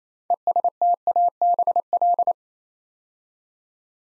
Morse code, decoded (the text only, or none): ESTABL